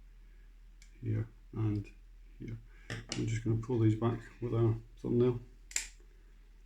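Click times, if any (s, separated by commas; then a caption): 5.7 s, 5.8 s. Someone talks while pulling back the small plastic retainer clips that hold the main circuit board in the housing of an Amazon Kindle Fire 8th gen tablet, using a thumbnail. Two sharp clicks sound at about 5.7 and 5.8 seconds as the clips click free and release the board.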